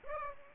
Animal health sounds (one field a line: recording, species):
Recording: mosquito wingbeat signal from an infrared sensor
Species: Aedes aegypti